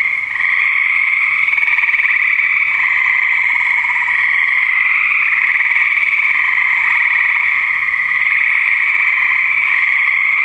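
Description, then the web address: Frogs chorusing nonstop, their many overlapping croaks merging into one even, rasping hum. "nature Frogs"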